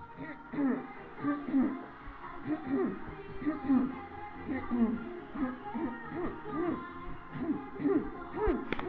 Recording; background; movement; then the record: throat clearing; music; walking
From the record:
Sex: female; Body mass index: 21.8 kg/m2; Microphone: on the chest, facing the body